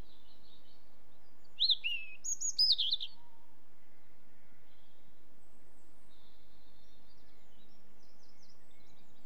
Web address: BBC Sound Effects Library Birds Robin, With Distant Sheep